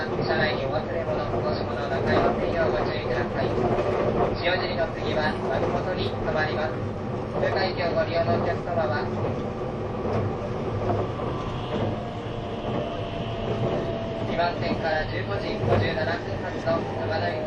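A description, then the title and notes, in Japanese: Steady rumble inside a moving train, dense low drone with rhythmic clatter, and voices talking throughout, brief squeal near twelve seconds. E257系 あずさ19号03 甲府～松本。E257系、あずさ19号を収録したものです。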